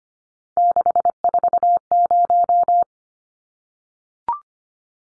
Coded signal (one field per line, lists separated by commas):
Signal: Morse code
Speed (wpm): 25 wpm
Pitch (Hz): 700 Hz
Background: none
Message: 640